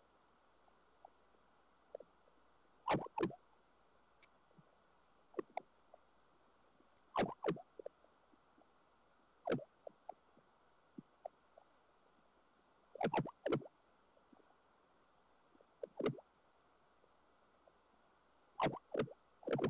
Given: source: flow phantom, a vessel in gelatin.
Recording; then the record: Doppler ultrasound of air bubbles in flowing water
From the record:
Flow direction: towards the transducer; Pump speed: 150 rpm (540 mL/min); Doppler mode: pulsed wave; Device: 7 MHz transducer